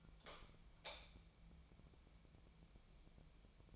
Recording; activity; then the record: daily activity, microphone in the room; light on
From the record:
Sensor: 1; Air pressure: 1000.0 hPa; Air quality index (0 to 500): 129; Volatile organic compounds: 2 ppm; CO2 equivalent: 1218 ppm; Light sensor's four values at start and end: 40/101/42/52 and 44/116/48/58